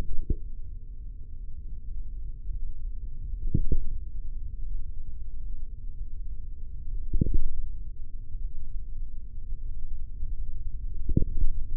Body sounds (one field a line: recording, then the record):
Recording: forearm muscle sounds (acoustic myography)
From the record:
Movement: finger pinch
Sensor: system 3, bracelet of six PUI Audio POM-2738L microphones around the upper forearm, with dedicated amplification and filtering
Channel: 2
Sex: male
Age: 43 years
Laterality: right